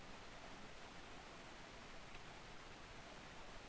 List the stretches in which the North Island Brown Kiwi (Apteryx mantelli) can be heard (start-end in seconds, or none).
none